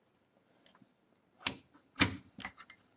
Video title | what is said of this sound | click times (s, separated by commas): How To Install RAM 2012 - Step 5 | locked into place | 1.5 s, 2.0 s